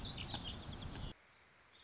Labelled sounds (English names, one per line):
Warbling Vireo